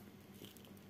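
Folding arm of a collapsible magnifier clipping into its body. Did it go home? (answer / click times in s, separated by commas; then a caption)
no / none. The folding arm of a collapsible hand magnifier is folded back together and pressed toward its holder in the body, giving soft rustling handling noise with a few light taps. The arm has not clipped into place yet; nothing has seated by the end.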